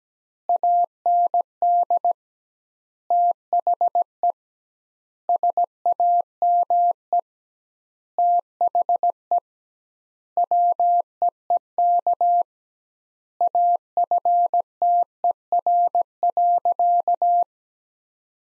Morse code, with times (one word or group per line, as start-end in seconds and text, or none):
0.5-2.1 AND
3.1-4.3 THE
5.3-7.2 SAME
8.2-9.4 THE
10.4-12.4 WEEK
13.4-17.4 AFTER.